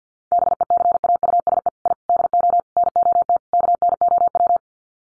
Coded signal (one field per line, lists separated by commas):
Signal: Morse code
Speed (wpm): 51 wpm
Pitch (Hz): 700 Hz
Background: none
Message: BECAUSE I DO NOT KNOW